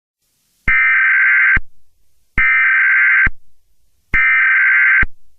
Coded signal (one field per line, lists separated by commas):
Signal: Emergency Alert System (SAME) tones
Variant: header bursts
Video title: EAS Scenario #6 Time Goes Backwards